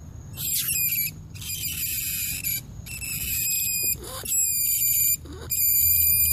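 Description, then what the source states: Rat: rodent squeals: drawn-out, piercing, tonal cries repeated with short gaps, one ending in a downward slide, over a low rumbling background. Squeaking for help, calling to the group.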